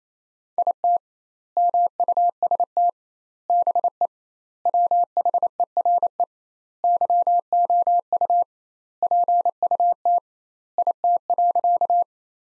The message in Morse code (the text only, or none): IT MUST BE WHERE YOU PUT IT.